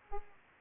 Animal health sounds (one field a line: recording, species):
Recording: mosquito wingbeat signal from an infrared sensor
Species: Aedes aegypti